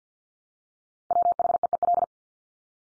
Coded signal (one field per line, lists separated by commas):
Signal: Morse code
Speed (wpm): 50 wpm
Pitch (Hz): 700 Hz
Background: none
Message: WHEEL